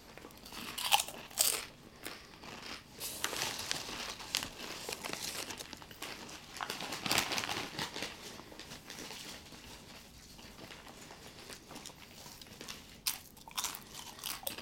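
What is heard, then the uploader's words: Chips and soda: a chip bag is crinkled and rustled in short, irregular bursts, loudest near the start and again around seven seconds. Between the handling, a quieter fizzing hiss carries on, with sharper crackles returning near thirteen seconds. Chips & Soda.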